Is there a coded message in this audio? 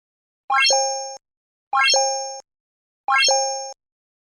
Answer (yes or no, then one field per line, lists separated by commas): no